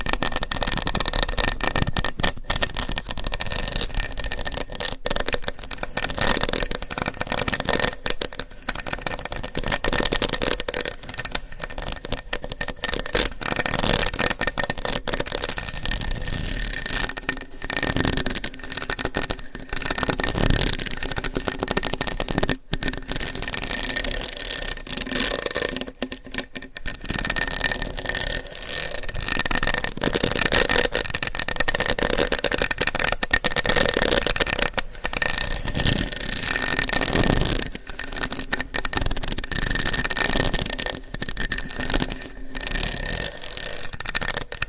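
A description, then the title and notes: Long nails tap and scratch on hollow boxes in a dense, nearly continuous stream of crisp clicks and rasping strokes. The sound stays bright and busy throughout, with brief pauses and a faint steady tone running underneath. Tapping & Scratching on Hollow Boxes with Long Nails. No Talking.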